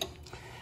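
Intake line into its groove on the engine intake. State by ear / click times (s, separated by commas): seated / 0.0 s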